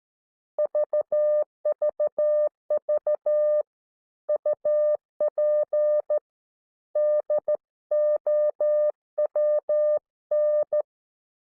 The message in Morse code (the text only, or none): VVV UP DOWN